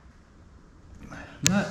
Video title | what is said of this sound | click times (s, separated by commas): Tikka T3X Leupold Picatinny Rail Installation | and you see you feel that click it'll just click around once it gets to 22 or you know | 1.1 s